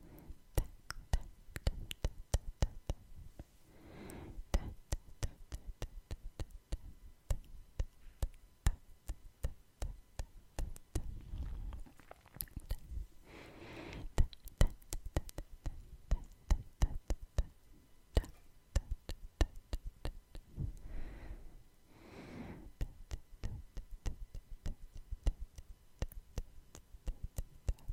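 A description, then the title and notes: Dense, irregular tongue clicks and wet kissing sounds run throughout, with soft breaths surfacing around 4, 11–14, and 21–22 seconds. ASMR Mouth Sounds (Tongue clicking, Kissing sounds, Breathing, Face Touching).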